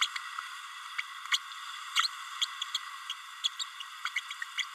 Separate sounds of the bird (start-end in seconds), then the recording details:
0.01-0.07, 0.98-1.02, 1.32-1.37, 1.95-2.08, 2.41-2.46, 2.74-2.78, 3.09-3.14, 3.44-3.48, 3.59-3.64, 4.05-4.09, 4.16-4.21, 4.57-4.65. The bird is a female. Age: 30 days. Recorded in a nest box in Venezuela. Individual 17B32A7